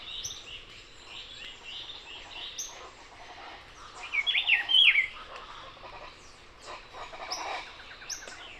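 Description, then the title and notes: Rufous-browed Peppershrike singing one bright warbled phrase midway, over a background of other birds' chirps. Singing in foreground at 6:00 a.m., 28 March 2026, Barichara, Santander, Colombia; recorded with Zoom H5 recorder and Crake Sound microphone. "28 de marzo del año 2026, en Barichara, Santander, Colombia. 6:00 a.m. en primer plano un Cyclarhis gujanensis o Vireón cejirrufo"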